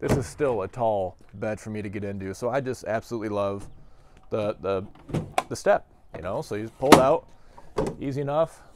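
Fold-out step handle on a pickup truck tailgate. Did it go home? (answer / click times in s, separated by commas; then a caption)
no / none. Someone talks while pulling out the fold-out step on a Ford Super Duty pickup truck tailgate and starting to pull its handle. Faint handling noises sit under the voice, and nothing has locked or clicked into place yet.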